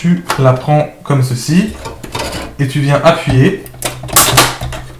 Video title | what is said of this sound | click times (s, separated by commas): Ajoutez de la RAM DDR3 à son PC | et ça fait clic et les deux loquets sur les côtés se reverrouillent. | 4.2 s, 4.4 s